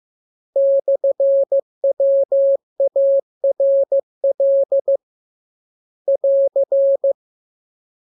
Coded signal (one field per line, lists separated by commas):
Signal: Morse code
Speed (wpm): 15 wpm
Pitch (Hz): 550 Hz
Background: none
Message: /WARL <AR>